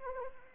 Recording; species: mosquito wingbeat signal from an infrared sensor; Anopheles arabiensis